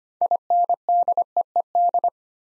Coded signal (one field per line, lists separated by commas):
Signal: Morse code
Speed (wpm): 25 wpm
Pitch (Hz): 700 Hz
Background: none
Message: INDEED